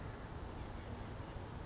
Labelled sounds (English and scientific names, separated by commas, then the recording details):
Oak Titmouse (Baeolophus inornatus)
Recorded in Sonoma County, California